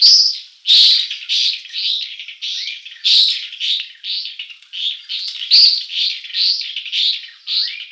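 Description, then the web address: White-rumped swift calling with harsh, buzzy screeching notes repeated in a rapid, uneven series. "Schulze Peter White-rumped Swift"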